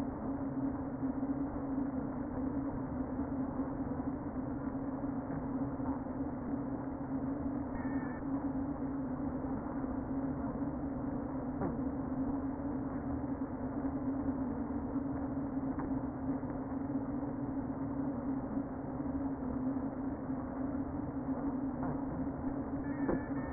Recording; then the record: honeybee colony, microphone inside the hive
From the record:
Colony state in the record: queen present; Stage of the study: before two queens were removed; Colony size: about 60,000 bees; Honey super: yes